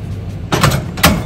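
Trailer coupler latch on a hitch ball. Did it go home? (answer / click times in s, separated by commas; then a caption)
yes / 0.6 s. A trailer coupler set on a truck's hitch ball has its latch pushed down to lock. There is a thud at 0.5 seconds, then a sharp snap at 0.6 seconds as the latch locks onto the ball, followed by another broad thump near 1.0 seconds. The coupler is seated and locked on the hitch ball.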